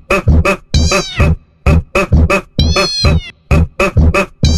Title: Audios e Músicas Backups #1. Coloque esse áudio e veja a reação do seu gato